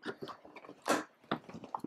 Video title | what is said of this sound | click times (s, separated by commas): HITTING 900 MEGAHASH ON VERUS! │ Road to One Gigahash | look at that snapped right in | 1.3 s, 1.8 s